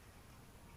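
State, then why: Not seated. After the PCV breather membrane on a Volkswagen Touareg engine is replaced to cure a whistle while the engine runs, the plastic crankcase breather valve cover is handled onto the engine's valve-cover housing. Only a steady, low, even noise with faint ticking is heard for 0.8 seconds. Nothing has seated or clicked yet.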